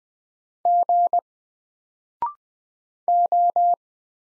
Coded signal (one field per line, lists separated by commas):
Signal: Morse code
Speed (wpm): 20 wpm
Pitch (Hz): 700 Hz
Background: none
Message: G O